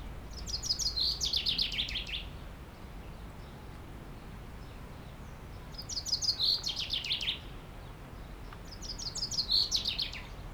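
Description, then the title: Common chaffinch delivering three loud, clear song phrases, each a rapid descending trill closing with a flourish, with pauses of a few seconds between. Singing in a tree while preening, Aix-les-Bains, France; car park, scooters and e-bikes nearby, Sierroz stream faintly behind. "30 Rue Eugène Fert, Aix-les-Bains, France - Pinson des arbres"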